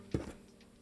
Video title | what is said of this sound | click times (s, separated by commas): Apple Watch ULTRA - IT'S BIG - Ocean Band - Unboxing & First Impressions | So I'll feed it into here, maybe. Locked into place like so. | 0.2 s